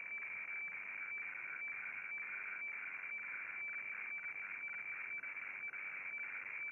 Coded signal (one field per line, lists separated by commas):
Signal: weather fax (radiofax)